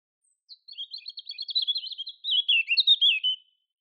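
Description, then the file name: European robin song, one continuous phrase of rapid, thin, jumbled high notes lasting about three seconds and sliding slightly lower near the end; quiet background. "Erithacus rubecula"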